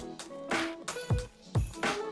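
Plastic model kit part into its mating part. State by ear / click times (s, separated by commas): not seated / none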